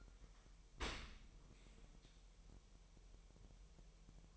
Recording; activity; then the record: daily activity, microphone in the room; open dishwasher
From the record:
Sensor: 1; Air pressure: 1000.7 hPa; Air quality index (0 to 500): 247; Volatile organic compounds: 143 ppm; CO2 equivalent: 3991 ppm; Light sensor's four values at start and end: 11/28/11/12 and 11/28/11/12